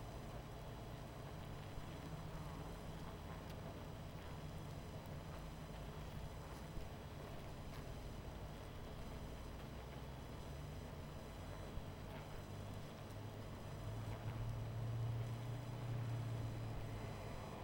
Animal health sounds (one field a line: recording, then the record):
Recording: honeybee colony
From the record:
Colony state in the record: missing queen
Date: 14 July 2017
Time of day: 20:34